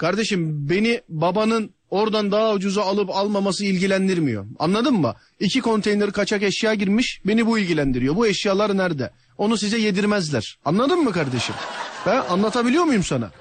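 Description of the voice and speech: One adult man speaks fluent, emphatic Turkish with forceful questions and a clear voice, showing no speech disorder.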